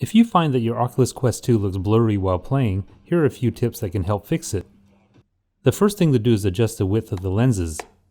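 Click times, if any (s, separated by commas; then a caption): none. Someone talks about an Oculus Quest 2 VR headset while its plastic lens assembly, which has three positions, is handled to slide sideways and change the lens width. The talking pauses briefly around 4.6–5.6 s, when a faint short sound is heard near 5.2 s. The clip ends before the lens assembly goes home, and nothing has seated or clicked yet.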